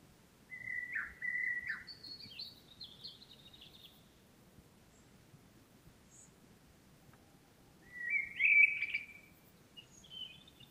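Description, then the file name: Common blackbird song: a low fluty phrase followed by thin high twittering, then a quiet gap and another warbled phrase. "Turdus merula"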